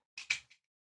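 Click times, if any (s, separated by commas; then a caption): 0.3 s. A new adhesive refill cartridge is pushed onto the body of a handheld tape applicator. A short scraping contact at 0.2 s is followed by a sharp, bright snap at 0.3 s and a faint tick at 0.5 s. The refill snaps into place and is seated on the dispenser.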